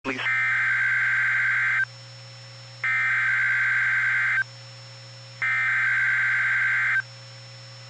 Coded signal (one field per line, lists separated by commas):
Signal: Emergency Alert System (SAME) tones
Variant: header bursts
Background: speech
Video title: Severe Thunderstorm Watch #261 (6/6/20) [EAS #44]